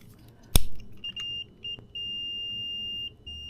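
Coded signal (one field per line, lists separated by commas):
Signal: beep code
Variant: FarDriver controller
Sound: high steady electronic beeps: a few short ones, then a long one, another starting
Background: handling noise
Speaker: sweet we hear three beeps two short beeps and one long beep that means it's ready for auto learn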